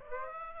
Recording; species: mosquito wingbeat signal from an infrared sensor; Aedes aegypti